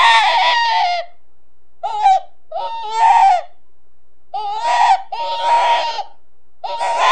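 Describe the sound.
Rabbit squeals: a run of high, nasal, quavering cries of uneven length, some short and clipped, others drawn out, with brief silences between.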